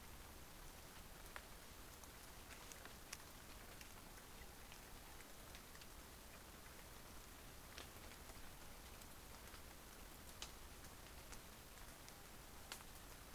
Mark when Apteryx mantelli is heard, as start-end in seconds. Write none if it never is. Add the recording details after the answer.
none. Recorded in New Zealand on 20 November 2013. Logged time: 22:29. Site CH69